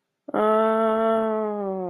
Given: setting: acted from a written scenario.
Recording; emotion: vocal sound without words; guilt